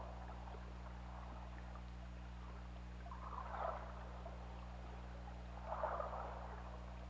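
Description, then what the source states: Orca calls: two soft, muffled bursts about two seconds apart, heard underwater against a constant low hum and hiss. Recorded on an OrcaLab hydrophone on 16 February 2018 at 18:35.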